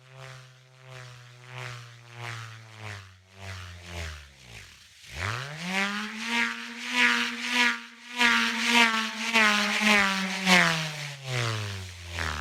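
A revolving, whirring sound with a strong tonal hum that sits low, drops and nearly stops around the five-second mark, then sweeps back up higher. Rapid rhythmic pulses, bright and grainy on top, keep pace with the rotation throughout, louder in the second half.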